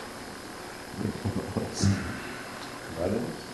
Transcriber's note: laughs